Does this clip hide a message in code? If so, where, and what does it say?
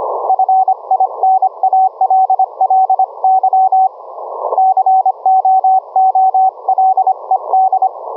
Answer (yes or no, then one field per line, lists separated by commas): yes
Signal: Morse code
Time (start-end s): 0.3-7.9 s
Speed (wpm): 24 wpm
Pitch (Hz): 760 Hz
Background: none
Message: FINALLY COOLED